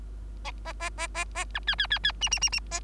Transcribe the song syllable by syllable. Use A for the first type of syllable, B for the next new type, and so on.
A A A A A B C C C C D D D D A